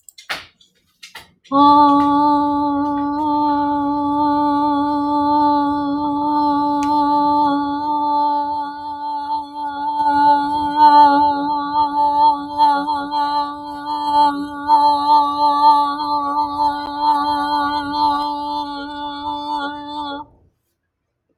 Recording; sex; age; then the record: vowel held as long as possible; female; 30 to 39 years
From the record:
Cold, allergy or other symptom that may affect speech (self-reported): no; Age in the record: 38 years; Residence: Pennsylvania, United States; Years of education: 16